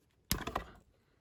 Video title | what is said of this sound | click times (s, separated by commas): Hot Toys Harley Quinn Suicide Squad Prisoner Edition Unboxing | because you will hear that snap, and then | 0.3 s